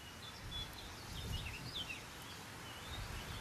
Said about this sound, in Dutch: Rietzanger, hoor je hem?